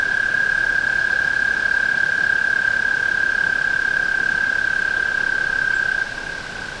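Tree frog producing a long, level trill that carries on evenly for about six seconds, then drops to a fainter continuing trill.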